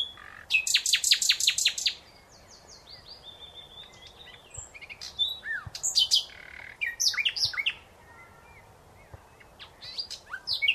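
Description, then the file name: Common nightingale song: a fast, loud trill up front, then a string of varied chirps, slurred notes and brief rattles with short pauses between. "Luscinia megarhynchos"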